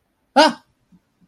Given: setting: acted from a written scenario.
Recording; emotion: vocal sound without words; negative surprise